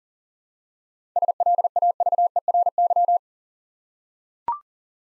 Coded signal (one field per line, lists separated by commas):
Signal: Morse code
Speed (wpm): 43 wpm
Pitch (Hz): 700 Hz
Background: none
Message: SLAVERY